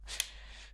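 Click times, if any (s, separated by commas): 0.2 s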